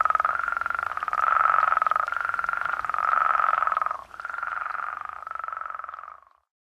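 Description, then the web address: New Mexico spadefoot giving rough pulsed trills in long bursts, the last one fading out into silence. North America. "Songs of Frogs Toads of North America. New Mexico Spadefoot"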